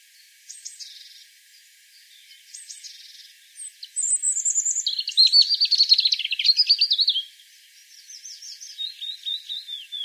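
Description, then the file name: European robin singing high, thin phrases of trills and twittering notes, faint at first, then a loud rapid warbling burst around the middle, fading to soft whistles. "Erithacus rubecula"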